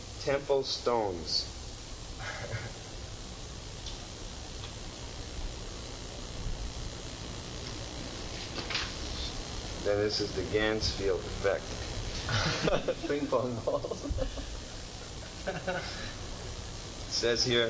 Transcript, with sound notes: "Temple Stones." Then this is the Ganzfeld Effect. [laughter] Ping-pong balls. Says here,